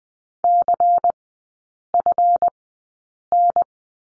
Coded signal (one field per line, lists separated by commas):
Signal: Morse code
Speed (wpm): 20 wpm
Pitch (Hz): 700 Hz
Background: none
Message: CFN